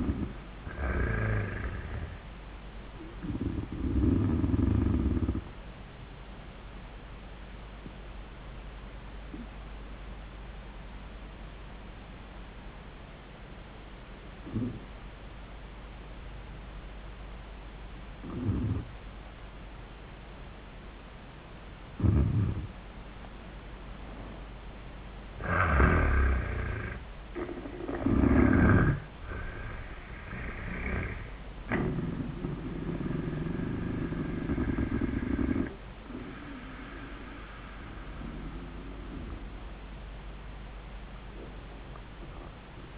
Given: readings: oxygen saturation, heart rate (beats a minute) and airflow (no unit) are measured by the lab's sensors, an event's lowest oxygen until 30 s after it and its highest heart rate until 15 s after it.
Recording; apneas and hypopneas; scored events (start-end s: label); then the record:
breathing in sleep by a voice recorder at the bedside; 1
7.00-27.50 s: hypopnea (N1, oxygen 97% highest, then 87% lowest)
10.00-42.98 s: new sleep stage, N2 (light sleep)
From the record:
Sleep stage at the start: N1 (lightest sleep); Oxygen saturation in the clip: 89 to 97%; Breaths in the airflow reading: 6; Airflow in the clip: -14.4 to 7.6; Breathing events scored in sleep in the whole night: 400 in 8.7 hours asleep